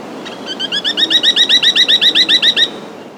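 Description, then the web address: Bar-bellied woodpecker giving a fast, even rattle of many sharp, slightly downslurred notes, lasting just over two seconds. Ecuador. "Birds of Ecuador Bar-Bellied Woodpecker"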